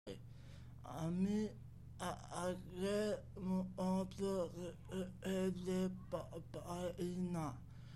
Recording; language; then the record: elicited speech; Bengali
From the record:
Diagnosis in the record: Broca's or global aphasia after a stroke